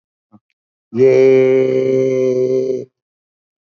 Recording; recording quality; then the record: sustained vowel as in made; excellent, no background noise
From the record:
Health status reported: exposed to COVID-19, no respiratory illness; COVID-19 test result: negative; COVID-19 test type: RT-PCR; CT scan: taken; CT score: 5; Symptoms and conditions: cough, cold, sore throat, fatigue, loss of smell and taste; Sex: male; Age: 65 years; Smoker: yes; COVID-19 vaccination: both doses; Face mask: worn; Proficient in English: no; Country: India